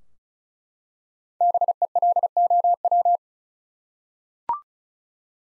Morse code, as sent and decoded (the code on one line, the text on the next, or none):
-... . .-.. --- .--
BELOW